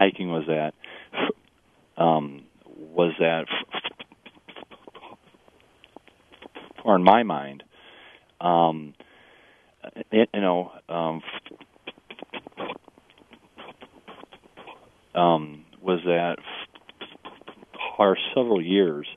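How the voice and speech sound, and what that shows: Low-pitched adult male speech during a radio interview, with stretched "f" sounds, repeated "was that", frequent "um", long blocks and long silent pauses between words: stuttering.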